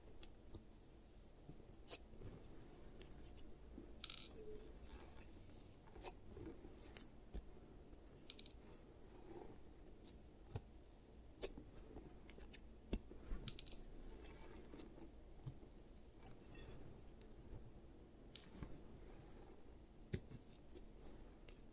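An ASMR teeth treatment, playing out as a steady stream of small clicks, taps and scraping snips over a low, constant hum. Sharp bright ticks come every second or two, with a few louder clacks near 2, 11 and 13 seconds.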